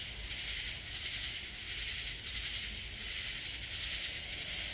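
Katydid rasps, short grouped ticking bursts recurring a few times.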